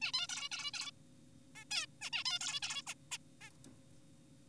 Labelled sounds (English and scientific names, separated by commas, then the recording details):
Zebra Finch (Taeniopygia guttata)
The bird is an adult
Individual g4p5U